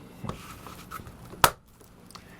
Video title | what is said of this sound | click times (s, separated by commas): etrailer - Gustafson 12V LED RV Dome Light Feature Review | and with that snapped into place all that's left is power up the camper and test it out | 1.4 s